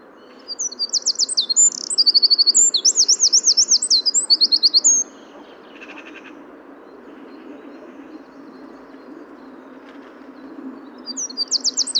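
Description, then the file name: Eurasian wren belting out a fast, high-pitched song of tinkling trills for about four and a half seconds, a long quiet pause, then another song beginning at the end. "Troglodytes troglodytes"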